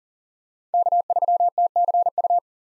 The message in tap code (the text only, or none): none